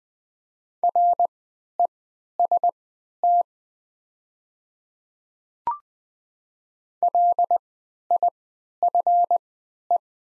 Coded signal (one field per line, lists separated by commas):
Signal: Morse code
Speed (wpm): 20 wpm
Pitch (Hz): 700 Hz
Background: none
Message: REST LIFE